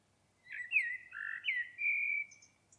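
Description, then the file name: Common blackbird delivering one mellow, fluty phrase of looping whistled notes, ending in a held note and faint high squeaks. "Turdus merula"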